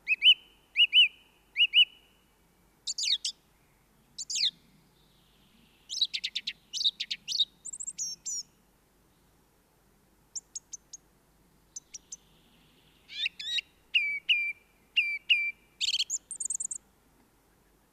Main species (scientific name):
Turdus philomelos